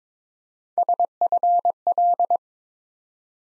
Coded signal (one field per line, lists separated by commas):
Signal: Morse code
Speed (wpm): 22 wpm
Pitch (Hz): 700 Hz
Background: none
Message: SFL